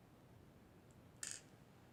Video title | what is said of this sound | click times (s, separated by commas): Filming and gutting for your green belt. | the hand here or even tip it upside down and just pull and you'll hear it click here | 1.2 s